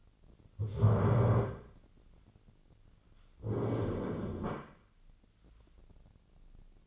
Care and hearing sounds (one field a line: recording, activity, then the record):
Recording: daily activity, microphone in the room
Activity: stand up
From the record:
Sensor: 4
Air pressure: 1010.0 hPa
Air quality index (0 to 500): 196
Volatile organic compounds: 3 ppm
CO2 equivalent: 1410 ppm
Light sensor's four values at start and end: 41/100/42/45 and 41/100/42/45